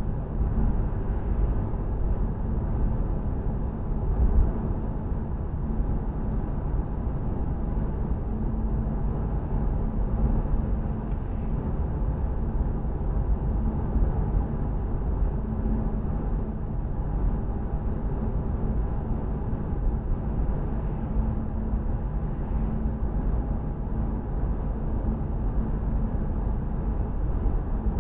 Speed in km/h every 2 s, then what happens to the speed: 60, 60, 60, 60, 58, 58, 58, 60, 60, 60, 58, 60, 58, 58.
0-28 steady at about 60.